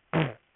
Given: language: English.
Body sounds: throat vibration sensor signal played as sound; throat clearing

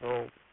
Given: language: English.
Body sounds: throat vibration sensor signal played as sound; speech

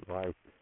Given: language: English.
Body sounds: throat vibration sensor signal played as sound; speech

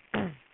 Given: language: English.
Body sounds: throat vibration sensor signal played as sound; throat clearing

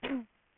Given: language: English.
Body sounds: throat vibration sensor signal played as sound; cough

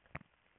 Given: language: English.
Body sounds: throat vibration sensor signal played as sound; swallow

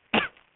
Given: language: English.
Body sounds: throat vibration sensor signal played as sound; cough

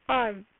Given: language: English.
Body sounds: throat vibration sensor signal played as sound; speech

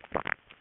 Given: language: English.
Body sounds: throat vibration sensor signal played as sound; swallow

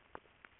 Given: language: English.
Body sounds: throat vibration sensor signal played as sound; swallow

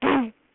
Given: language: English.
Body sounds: throat vibration sensor signal played as sound; throat clearing

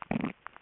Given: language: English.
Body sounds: throat vibration sensor signal played as sound; swallow

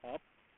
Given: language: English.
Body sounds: throat vibration sensor signal played as sound; speech

